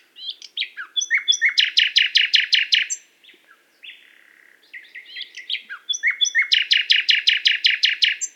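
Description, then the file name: Common nightingale song in two phrases, each building from varied chirps into a fast, loud series of repeated notes, separated by a short pause with a soft buzz. "Luscinia megarhynchos"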